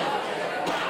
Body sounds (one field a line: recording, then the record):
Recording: coughing mixed with background sound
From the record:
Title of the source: 64 coughing, allergies, singing lungs